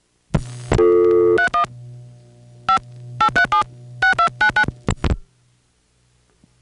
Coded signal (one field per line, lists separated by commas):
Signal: DTMF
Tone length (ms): 100 ms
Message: 31 5 837 6299